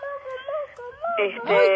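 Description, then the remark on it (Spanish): A baby fusses and whimpers in high, wavering tones, then breaks into two louder, strained wailing bursts near the end. “Limpia ese nene, pobre. Pobre, ya decile que ya estamos cortando.”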